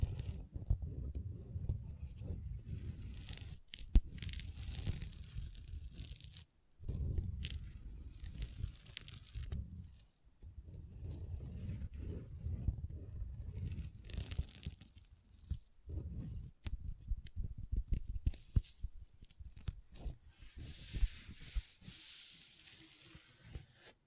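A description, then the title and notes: Long nails scratch and scrape across a tabletop in dense, rough bursts, low, broken by short pauses near 4, 6, 10 and 16 seconds. Sharp taps punctuate the scratching, and the later stretch turns lighter, with brighter, hissy strokes and quicker clicks. ASMR Table Tapping & Scratching with Long Nails (No Talking).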